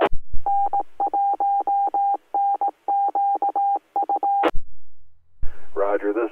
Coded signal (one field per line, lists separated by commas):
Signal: Morse code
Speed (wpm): 18 wpm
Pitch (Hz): 800 Hz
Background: speech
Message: N1NQU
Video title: 🔴The Southwest Florida Traffic Net - Lee Co, FL - Amateur Radio Net